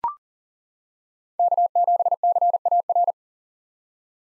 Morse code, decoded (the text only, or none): K7CAR